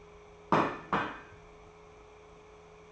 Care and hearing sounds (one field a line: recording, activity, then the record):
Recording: daily activity, microphone in the room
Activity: place plate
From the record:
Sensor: 1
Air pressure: 1015.1 hPa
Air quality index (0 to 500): 201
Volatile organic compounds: 25 ppm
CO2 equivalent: 2841 ppm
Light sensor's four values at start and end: 28/70/30/36 and 28/70/30/36